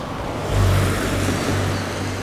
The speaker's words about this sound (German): Ah, und Verkehr. Und noch mehr Verkehr.